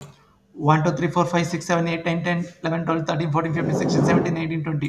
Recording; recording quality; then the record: counting at a fast pace; moderate, slight background noise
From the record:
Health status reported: healthy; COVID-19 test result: not tested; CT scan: not taken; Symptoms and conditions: cold, fatigue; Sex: male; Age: 30 years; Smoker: no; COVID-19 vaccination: both doses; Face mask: worn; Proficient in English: yes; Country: India